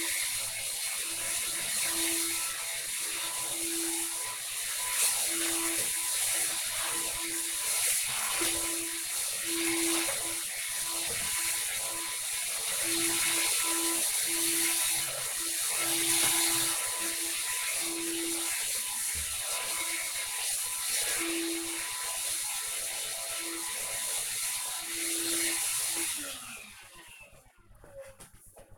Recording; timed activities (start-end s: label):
household activities, microphone on the right wrist
0.00-26.20 s: vacuum cleaning